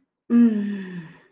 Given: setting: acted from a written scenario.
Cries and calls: vocal sound without words; contempt

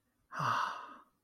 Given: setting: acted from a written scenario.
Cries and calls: vocal sound without words; serenity

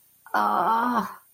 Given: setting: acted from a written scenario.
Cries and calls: vocal sound without words; disappointment

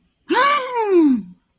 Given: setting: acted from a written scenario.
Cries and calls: vocal sound without words; fear

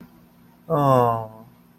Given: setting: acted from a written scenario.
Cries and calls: vocal sound without words; sympathy

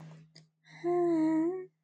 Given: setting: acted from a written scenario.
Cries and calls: vocal sound without words; serenity

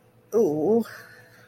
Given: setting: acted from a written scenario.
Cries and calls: vocal sound without words; sympathy

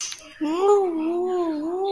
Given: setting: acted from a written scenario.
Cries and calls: vocal sound without words; distress

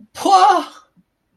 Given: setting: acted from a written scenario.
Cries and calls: vocal sound without words; positive surprise

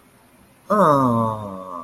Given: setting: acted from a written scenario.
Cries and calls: vocal sound without words; sympathy

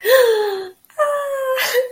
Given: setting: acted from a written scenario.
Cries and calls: vocal sound without words; triumph

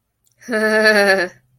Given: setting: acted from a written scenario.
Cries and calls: vocal sound without words; amusement

